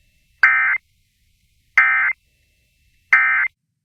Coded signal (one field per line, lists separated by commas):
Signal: Emergency Alert System (SAME) tones